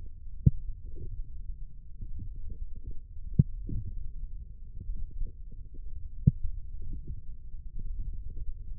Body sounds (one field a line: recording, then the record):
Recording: forearm muscle sounds (acoustic myography)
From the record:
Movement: forearm pronation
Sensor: system 1, eight BSWA MPA416 microphones around the upper forearm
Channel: 1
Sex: male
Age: 20 years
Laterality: left